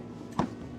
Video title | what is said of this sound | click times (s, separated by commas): VB WRX Exhaust finisher Single exit exhaust MOD- 2022-2024 | Should hear a nice little click. | 0.4 s